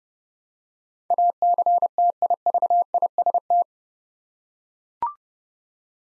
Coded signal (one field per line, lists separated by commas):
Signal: Morse code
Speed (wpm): 30 wpm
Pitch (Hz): 700 Hz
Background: none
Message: ACTIVIST